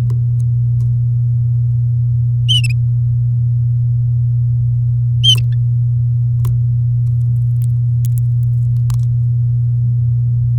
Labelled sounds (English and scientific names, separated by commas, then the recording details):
Domestic Canary (Serinus canaria) song
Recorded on 7 May 2018 at 08:37
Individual llb16